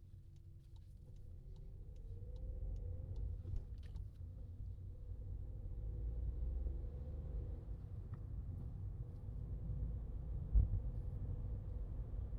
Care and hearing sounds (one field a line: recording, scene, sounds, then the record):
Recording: everyday scene through a hearing-aid microphone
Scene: in a vehicle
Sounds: engine, traffic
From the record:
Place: Skoda Fabia, gasoline engine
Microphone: in the ear canal, left